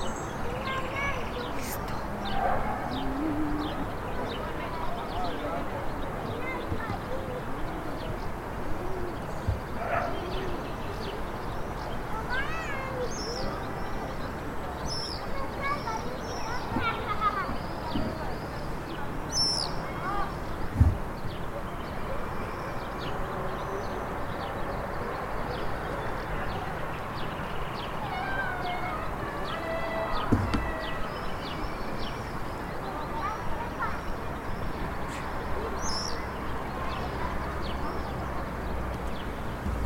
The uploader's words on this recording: Plaza Mayor de L'Ainsa. From the top of the wall of the old castle of L'Ainsa, in the Sobrarbe region in Aragon, Spain, you can hear the voices of tourists, birds of prey flying around us and there, in the distance, the mountain. Recorded by Chuse Fernandez.